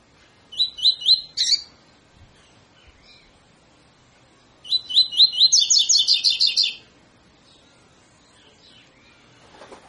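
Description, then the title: Double-collared seedeater song: a short burst of rising notes, a pause, then a longer phrase climbing into a fast high trill; faint rustling near the end. Tutor song in the 'tui tui' style, used for training birds to sing. "COLEIRO TUI TUI FIBRA CANTO PROFESSOR"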